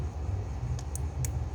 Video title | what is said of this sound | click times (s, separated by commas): 2015 Lincoln Navigator spark plugs and coil boots replacement | you hit a click | 1.2 s